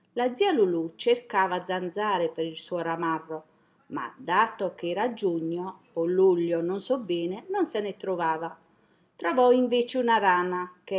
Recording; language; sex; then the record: read passage; Italian; female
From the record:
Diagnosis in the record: healthy control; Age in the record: 60 years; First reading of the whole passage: 59 s, 7.9 characters per second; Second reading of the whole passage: 55 s, 8.5 characters per second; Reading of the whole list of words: 44 s, 6.4 characters per second